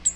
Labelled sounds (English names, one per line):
Cape May Warbler flight call